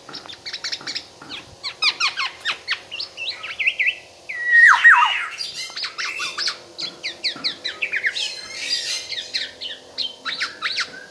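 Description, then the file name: Black-naped oriole chattering in a long, dense medley of sharp chirps and downslurred notes, with a louder harsher burst midway. Singing vigorously and continuously (gacor), said to sing until exhausted. "BURUNG KEPODANG GACOR SAMPAI TELER"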